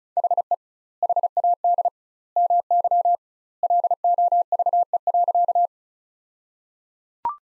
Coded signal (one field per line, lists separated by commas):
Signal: Morse code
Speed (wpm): 34 wpm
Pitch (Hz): 700 Hz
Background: none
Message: HE HAD MY LOVE.